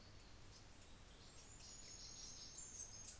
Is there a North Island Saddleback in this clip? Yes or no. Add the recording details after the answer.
no. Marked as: faintness 3/5. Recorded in New Zealand on 24 December 2018. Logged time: 15:45